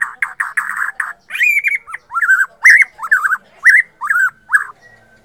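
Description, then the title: White-rumped shama song: a rich run of loud, rapidly repeated whistled phrases with sharp upslurred notes and bright high overtones, delivered at a brisk, slightly uneven pace. Bornean type. "MURAI BORNEO MAS KIKI"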